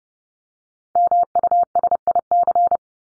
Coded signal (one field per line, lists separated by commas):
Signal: Morse code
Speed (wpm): 30 wpm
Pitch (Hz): 700 Hz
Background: none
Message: MUSIC